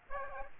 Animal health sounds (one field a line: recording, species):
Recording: mosquito wingbeat signal from an infrared sensor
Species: Aedes aegypti